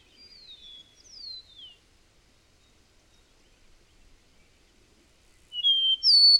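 A bird gives soft descending whistles, falls silent for several seconds, then bursts into a loud high whistled phrase at the end.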